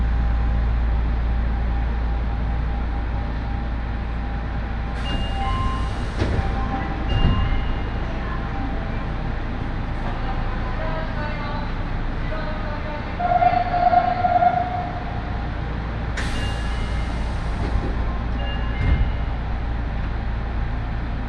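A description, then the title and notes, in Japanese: A train ride on the Aonami and Higashiyama lines, with a steady low rumble and a faint whine holding throughout. Murmured voices drift underneath, sharp bright rattles break in near 5 and 16 seconds, and a brief tonal chime rises around 13 to 15 seconds. 鉄道旅 あおなみ線・東山線 金城ふ頭→荒子・高畑→名古屋。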